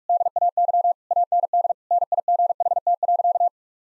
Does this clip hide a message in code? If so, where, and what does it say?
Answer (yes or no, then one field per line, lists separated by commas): yes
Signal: Morse code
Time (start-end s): 0.1-3.5 s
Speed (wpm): 46 wpm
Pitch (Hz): 700 Hz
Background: none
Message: DAY AND NIGHT.